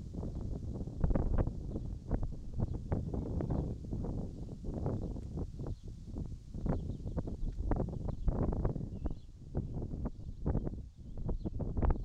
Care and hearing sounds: everyday scene through a hearing-aid microphone; wind on the microphone; wind, birds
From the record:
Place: in front of a rural house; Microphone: in the ear canal, right

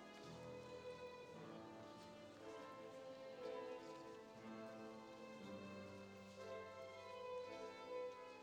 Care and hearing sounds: everyday scene through a hearing-aid microphone; reverberant space; music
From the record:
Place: church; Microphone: in the ear canal, left

